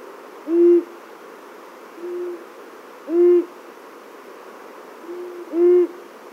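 Long-eared owl giving low, soft hoots, three strong ones about every two and a half seconds with fainter hoots between, over a steady background hiss.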